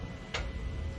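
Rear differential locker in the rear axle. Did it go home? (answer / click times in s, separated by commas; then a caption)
released / 0.4 s. A Kingbolen K8 Pro scan tool commands the rear differential locker in the rear axle of a 2025 Jeep Wrangler Rubicon to disengage. A single short click sounds at 0.4 s over a steady low hum and a faint constant high tone. The locker is released, confirmed by the click.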